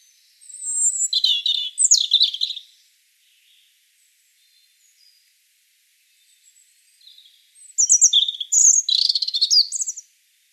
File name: Erithacus rubecula 240528